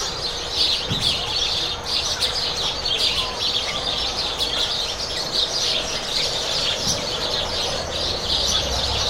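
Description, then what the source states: Sparrow flock keeping up a busy, unbroken chatter of bright overlapping chirps throughout, over a steady background hum. Loud sparrows at the port of Corumbá, a border town with Bolivia.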